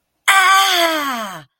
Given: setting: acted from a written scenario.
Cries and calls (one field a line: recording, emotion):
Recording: vocal sound without words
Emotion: pain